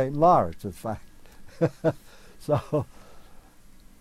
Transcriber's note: chuckles